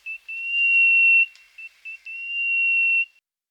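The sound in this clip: Fernwren call: long, sustained, high pure whistles, broken by short clipped notes of the same pitch.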